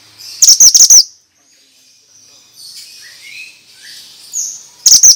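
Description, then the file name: Bird gives a fast, high burst of sharp chirps, then soft thin whistles and faint rising notes, before another rapid chirp burst at the end. Effective lure for stressed birds; 'suara mantenan' sound. "Pancingan Ampuh Burung Stress Suara Mantenan"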